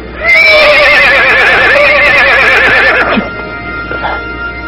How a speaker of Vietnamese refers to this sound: Ngựa đẹp quá, đúng là một con ngựa chiến hiếm có. Đó là ngựa của Chư Ngũ.